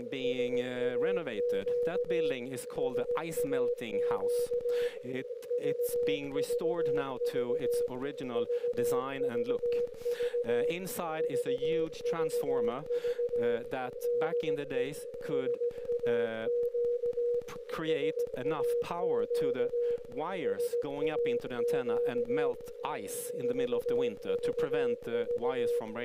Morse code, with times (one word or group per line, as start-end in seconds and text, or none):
0.2-2.3 SAQ
2.8-4.9 SAQ
5.5-7.9 VVV
8.4-10.7 VVV
11.2-13.6 VVV
14.1-14.8 DE
15.3-17.4 SAQ
17.9-20.0 SAQ
20.5-22.5 SAQ
23.4-25.8 VVV